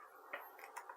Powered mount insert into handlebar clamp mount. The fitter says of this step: pops right in there